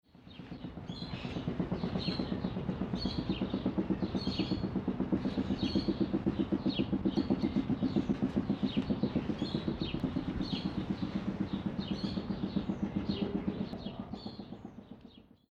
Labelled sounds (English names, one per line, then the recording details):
Andean Condor
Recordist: Tembrock, Günter
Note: Lautfolge eines Männchens